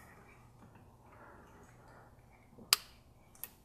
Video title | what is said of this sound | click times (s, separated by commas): Racingline Catch Can Install on a MK7 GTI | And you should hear an audible click. | 2.7 s